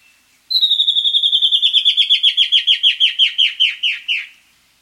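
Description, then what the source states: White-bellied antbird calling: a clear whistled series of about twenty notes over three and a half seconds, starting steady, then slowly dropping in pitch and spacing out slightly. South America.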